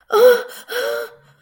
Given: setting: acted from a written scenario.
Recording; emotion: vocal sound without words; distress